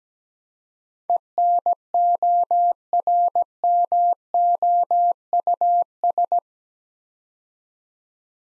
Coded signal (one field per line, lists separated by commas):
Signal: Morse code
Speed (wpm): 17 wpm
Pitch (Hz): 700 Hz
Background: none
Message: ENORMOUS